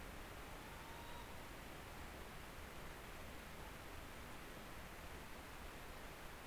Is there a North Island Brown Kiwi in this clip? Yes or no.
no